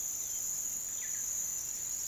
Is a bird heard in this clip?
yes